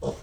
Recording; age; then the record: pig call; piglet (1 to 25 days)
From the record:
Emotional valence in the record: negative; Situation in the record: restrain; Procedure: in the arms of a person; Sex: male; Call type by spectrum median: low-frequency call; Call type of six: low-frequency stable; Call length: 0.22 s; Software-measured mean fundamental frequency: 58 Hz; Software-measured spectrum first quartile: 218 Hz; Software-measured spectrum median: 445 Hz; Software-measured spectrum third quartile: 668 Hz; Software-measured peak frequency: 474 Hz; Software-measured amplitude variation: 150 dB a second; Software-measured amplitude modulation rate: 15.7 a second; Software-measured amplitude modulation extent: 9.5 dB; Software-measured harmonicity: 2.6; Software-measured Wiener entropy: -0.46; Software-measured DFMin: 1244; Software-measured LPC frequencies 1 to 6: 495, 3367, 4258, 5786, 7689, 8635 Hz